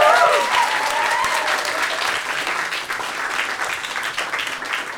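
An audience claps steadily to thank an event organizer, a dense wash of many hands that holds at a fairly loud level throughout, with a few brief voices rising over the start.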